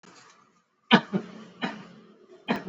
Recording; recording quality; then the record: shallow voluntary cough; excellent, no background noise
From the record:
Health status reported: exposed to COVID-19, no respiratory illness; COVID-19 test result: not tested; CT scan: not taken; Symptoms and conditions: none ticked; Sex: male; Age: 24 years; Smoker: no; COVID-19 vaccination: both doses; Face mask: worn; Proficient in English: yes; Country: India